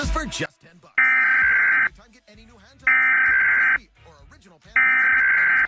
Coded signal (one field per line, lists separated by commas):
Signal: Emergency Alert System (SAME) tones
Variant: header bursts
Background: speech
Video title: EAS SCENARIO: THE RAPTURE